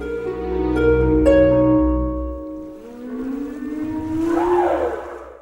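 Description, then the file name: Whale song of long tonal moans with stacked overtones, then a slow rising sweep and a brighter upsweeping cry, over a steady low rumbling drone. "ballenas"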